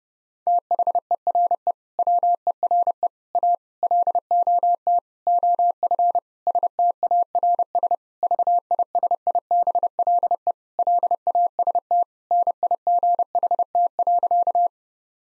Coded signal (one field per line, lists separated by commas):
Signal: Morse code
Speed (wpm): 30 wpm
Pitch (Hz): 700 Hz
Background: none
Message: THERE WERE A LOT OF STARS VISIBLE LAST NIGHT.